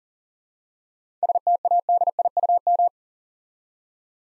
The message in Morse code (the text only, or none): STADIUM